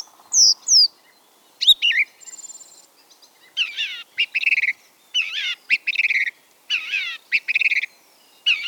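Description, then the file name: Song thrush singing loud, varied phrases, each bright chirping figure repeated two or three times in quick succession, with short pauses between groups. "bioakusztika enekesrigo"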